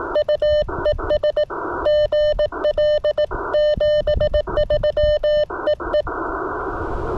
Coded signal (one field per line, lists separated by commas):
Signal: Morse code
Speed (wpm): 18 wpm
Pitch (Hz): 590 Hz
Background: none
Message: U ES GL 73 EE